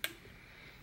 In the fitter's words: see the slot in there what you do is you just slide it in place until it snaps into position and